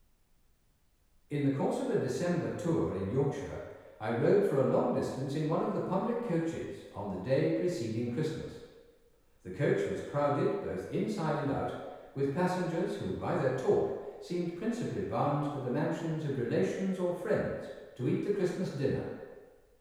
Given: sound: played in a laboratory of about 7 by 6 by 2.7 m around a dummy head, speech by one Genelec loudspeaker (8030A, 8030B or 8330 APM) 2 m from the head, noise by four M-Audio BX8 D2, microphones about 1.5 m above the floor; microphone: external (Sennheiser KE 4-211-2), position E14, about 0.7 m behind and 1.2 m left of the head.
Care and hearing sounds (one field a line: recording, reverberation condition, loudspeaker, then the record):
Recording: male speech in English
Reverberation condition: high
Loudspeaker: 120 degrees to the right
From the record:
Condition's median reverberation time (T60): about 1300 ms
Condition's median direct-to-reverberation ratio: about -4.0 dB